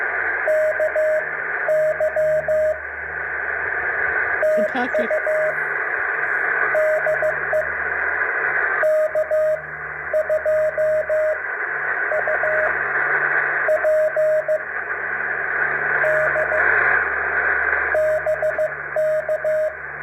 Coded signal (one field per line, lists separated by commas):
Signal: Morse code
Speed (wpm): 14 wpm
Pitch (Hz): 620 Hz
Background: radio noise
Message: KY TU DE K2UPD BK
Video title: Morse Code K-6934 #3